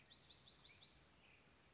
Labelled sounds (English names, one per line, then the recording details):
Bewick's Wren
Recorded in Sonoma County, California